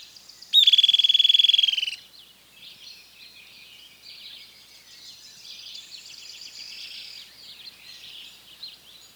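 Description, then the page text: Streak-headed woodcreeper giving a loud, rapid trill lasting just over a second, slightly descending, followed by a softer chorus of insects or frogs. "Streak-headed Woodcreeper - Lepidocolaptes souleyetii. Neotropical Birds - Birds of the World"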